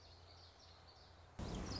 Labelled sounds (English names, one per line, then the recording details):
Common Yellowthroat
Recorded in Sonoma County, California